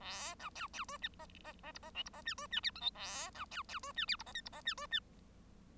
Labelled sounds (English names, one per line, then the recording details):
Bengalese Finch song
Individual Bird1